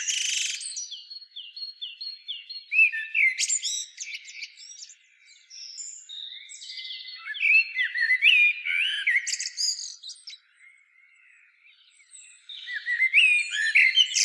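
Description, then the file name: Common blackbird song: varied twittering and squeaky, arching notes in uneven bursts, over a faint steady high tone. "Turdus merula"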